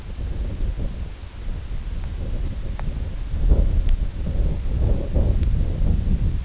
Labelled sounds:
none
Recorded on Arctic tundra, site IGLO-D, on 19 June 2018
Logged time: 18:00

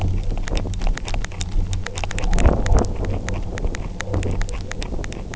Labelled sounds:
none
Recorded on Arctic tundra, site UTQI-0, on 29 June 2018
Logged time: 08:00

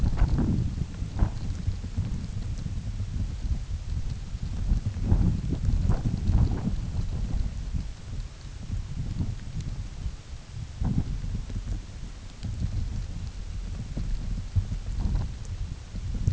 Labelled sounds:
none
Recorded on Arctic tundra, site UTQI-8, on 16 June 2019
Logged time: 20:00

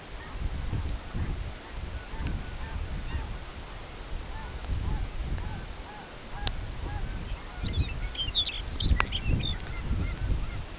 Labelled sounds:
unidentified sound, Lapland Longspur (Calcarius lapponicus)
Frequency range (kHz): Lapland Longspur (Calcarius lapponicus) 1.9-7.9 kHz
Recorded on Arctic tundra, site CORI-1, on 13 June 2018
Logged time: 16:00

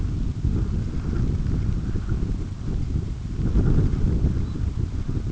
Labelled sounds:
Red Phalarope (Phalaropus fulicarius)
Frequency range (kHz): Red Phalarope (Phalaropus fulicarius) 3.2-4.8 kHz
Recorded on Arctic tundra, site UTQI-5, on 28 June 2018
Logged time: 00:00

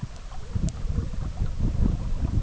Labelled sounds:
none
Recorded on Arctic tundra, site EABA-MC, on 17 June 2019
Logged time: 04:00

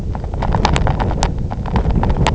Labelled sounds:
none
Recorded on Arctic tundra, site IGLO-F, on 23 June 2018
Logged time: 12:00

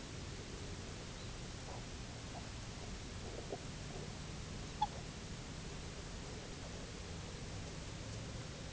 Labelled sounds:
Red Phalarope (Phalaropus fulicarius), Spectacled Eider (Somateria fischeri), unidentified sound
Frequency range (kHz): Red Phalarope (Phalaropus fulicarius) 3.2-4.6 kHz
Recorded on Arctic tundra, site UTQI-0, on 11 June 2019
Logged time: 06:00

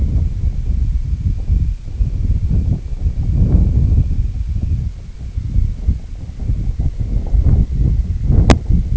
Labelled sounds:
none
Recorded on Arctic tundra, site IGLO-D, on 25 June 2018
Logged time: 08:00

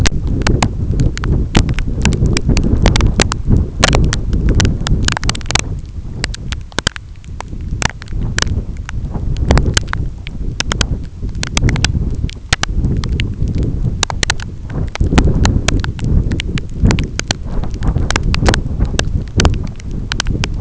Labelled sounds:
none
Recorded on Arctic tundra, site EABA-1, on 25 June 2018
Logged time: 06:00

